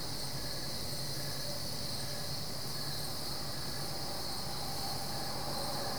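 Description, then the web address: Many crickets chirp together in a continuous high buzzing wall of sound, pulses repeating rapidly, with low rumbling noise below. Crickets at night, Goldens Bridge, New York State, USA; BBC Sound Effects Library, America CD. "The BBC Sound Effects Library - Complete 60 CDs Collection Sound Effects Library- (America) Goldens Bridge, NY State - crickets at night"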